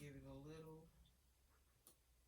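Someone talks while squeezing a metal clutch frame to relieve its tension so the last hinge pin can go in. At 1.9 s a small tick is heard as the hinge pin pops into place in the metal purse frame, and it is seated.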